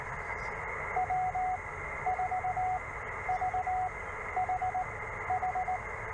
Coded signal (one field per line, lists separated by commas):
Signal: Morse code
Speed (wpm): 19 wpm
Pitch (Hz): 740 Hz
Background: radio noise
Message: W4VHH